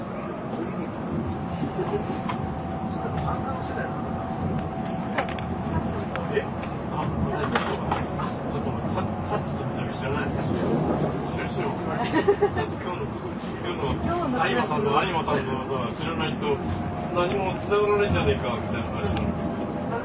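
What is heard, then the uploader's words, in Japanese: Inside a JR 700 series Shinkansen between Kyoto and Shin-Yokohama, a steady low rumble of the running train fills the whole twenty seconds. Voices murmur throughout, with faint clicks and knocks, and a brief brighter tone rises near the middle and again toward the end. JRN700系 京都〜新横浜。ひかり530号に乗車し、録音しました。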